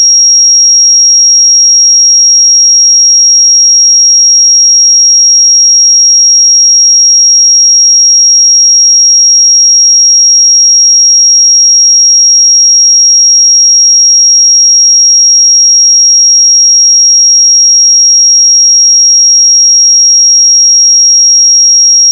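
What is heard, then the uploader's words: A pure 5611 Hz sine tone holds perfectly steady and bright for the whole clip, thin and unwavering, with silence beneath it. 5611 Hz 1 Hz Interval Sine Pure Tone Frequency 441000 Sample Mono.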